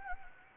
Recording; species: mosquito wingbeat signal from an infrared sensor; Anopheles gambiae